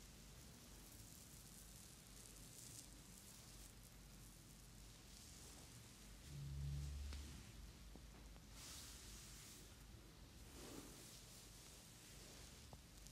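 A head, neck, back and facial massage: soft, steady rubbing and brushing over a constant hiss with a low hum underneath. Brighter swishing strokes come every few seconds, and a slightly louder low thump swells up briefly around the middle.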